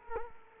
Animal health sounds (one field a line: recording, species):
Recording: mosquito wingbeat signal from an infrared sensor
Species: Culex quinquefasciatus